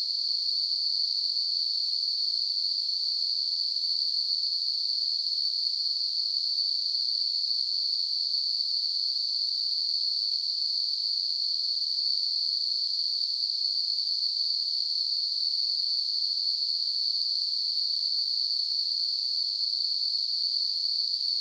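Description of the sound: A steady, unbroken high-pitched hissing tone, centred around 4–5 kHz with a faint higher overtone, runs unchanged for the full 21 seconds. It is a simulated tinnitus sound, imitating the constant ringing or hissing some people perceive without an outside source.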